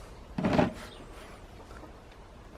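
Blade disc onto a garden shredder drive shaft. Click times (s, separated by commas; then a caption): 0.4 s, 0.5 s. A turned-over blade disc is refitted onto the drive shaft of a garden shredder, and the base piece or blade is turned until it clicks into place. Two sharp clicks come at 0.4 s and 0.5 s, followed by quieter handling sounds. The blade disc is seated on the shaft.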